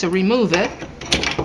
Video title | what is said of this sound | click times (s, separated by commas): Galvinized PiPe | And what they do is they just snap into place. There we go. It's set. | 1.1 s